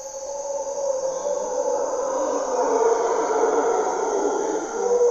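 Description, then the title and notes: Mantled howler monkeys give a sustained, throaty roar that rises and falls in waves over a steady insect hum. Mantled howler monkeys (Monos Congos) waking the jungle at morning twilight, Parque Nacional Corcovado, Osa Peninsula, Costa Rica; primary hardwood forest, deep river valley; grunts and calls. "Mantled Howler Monkeys in Corcovado morning twilight. Monos Congos, or Mantled Howler Monkeys, waking the jungle in Costa Rica's Parque Nacional Corcovado"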